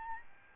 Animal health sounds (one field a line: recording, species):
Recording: mosquito wingbeat signal from an infrared sensor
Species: Aedes albopictus